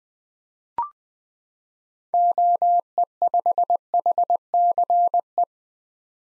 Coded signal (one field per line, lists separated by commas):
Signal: Morse code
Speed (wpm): 20 wpm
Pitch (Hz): 700 Hz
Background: none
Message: OE5HCE